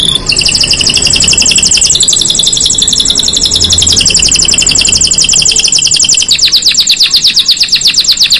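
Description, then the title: Canary singing a continuous rapid rolling trill of high buzzy notes, shifting pitch slightly a few times without pause. Song to warm up and stimulate Belgian canaries; black-red canary singing actively (gacor). "Canto Para Esquentar Canário Belga. Suara Burung Kenari Black red Gacor Dor"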